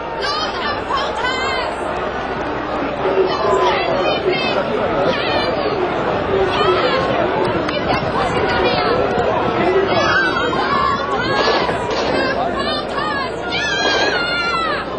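A dense, steady roar of a crowd at a racetrack, many voices shouting and chattering over one another without a break, with occasional higher yells rising above the constant babble.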